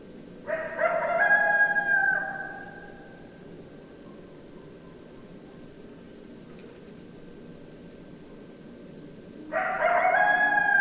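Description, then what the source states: Coyote chorus of overlapping tonal howls lasting about two seconds, a long quiet stretch, then another burst of layered howling. Several coyotes, recorded 10 December 2012.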